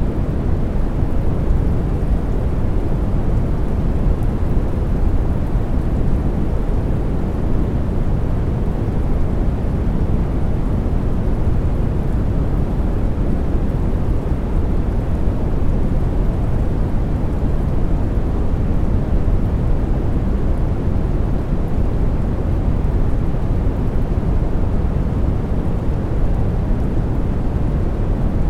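Deep brown noise mixed with soft falling rain runs without a break from start to finish. The sound sits heavily in the low end, a dense, rumbling wash with a muffled hiss above it and no distinct drops or events standing out.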